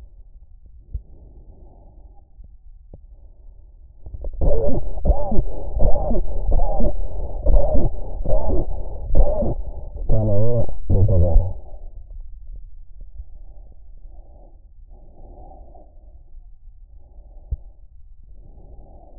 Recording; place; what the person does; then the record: lung sounds by stethoscope; trachea; quiet breathing, then cough and speech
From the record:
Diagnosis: interstitial lung disease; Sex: male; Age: 65 years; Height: 161 cm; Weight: 74.6 kg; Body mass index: 28.8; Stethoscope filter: extended mode